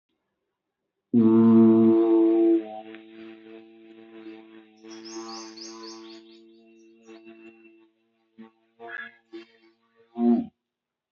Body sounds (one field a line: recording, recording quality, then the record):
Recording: sustained vowel as in boot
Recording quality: excellent, no background noise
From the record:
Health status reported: respiratory illness, not identified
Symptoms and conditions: none ticked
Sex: male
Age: 21 years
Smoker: not ticked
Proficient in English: yes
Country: India